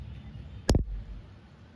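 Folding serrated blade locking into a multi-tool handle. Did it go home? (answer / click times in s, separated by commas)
yes / 0.7 s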